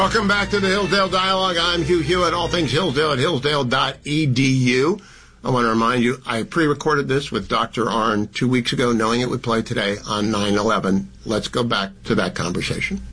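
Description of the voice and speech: Adult male radio host speaks fluently and clearly at an even pace, with ordinary voice quality and natural intonation.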